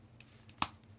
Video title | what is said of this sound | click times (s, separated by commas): Hasbro Marvel Legends Super-Skrull BAF (2020 Fantastic Four Wave) Action Figure Review | we're good we heard the snap that's the hinge the | 0.6 s